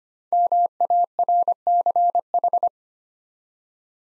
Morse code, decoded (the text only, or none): MARCH